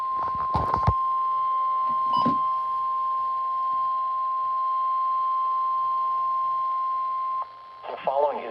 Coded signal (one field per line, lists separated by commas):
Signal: Emergency Alert System (SAME) tones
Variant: 1050 Hz attention tone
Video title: Severe Thunderstorm Warning on WR120DSP EAS#140 of 2026